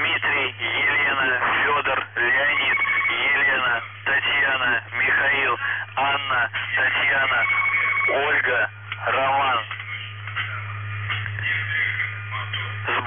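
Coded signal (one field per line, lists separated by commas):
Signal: numbers station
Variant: UVB-76, Russian voice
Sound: russian voice reading callsign, number groups and a codeword over a steady low drone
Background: radio static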